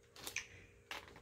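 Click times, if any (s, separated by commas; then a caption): 0.9 s. A detachable plastic game controller is slid down the side rail of a Nintendo Switch handheld console, with a scraping slide and a couple of small knocks early on. A sharp click at 0.9 s marks the controller locking into the rail, followed by a faint tick, and it is seated.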